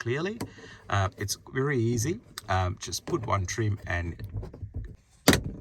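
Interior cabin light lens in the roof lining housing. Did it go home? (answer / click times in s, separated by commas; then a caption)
released / 5.3 s. On a 2010-onwards Nissan Elgrand E52, a trim tool is wedged under the plastic cabin light lens in the roof lining housing and levered while someone talks. The lens's retaining clips, four in all with one in each corner, release with a sharp snap at 5.3 s, and the lens pops out.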